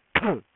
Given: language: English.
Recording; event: throat vibration sensor signal played as sound; cough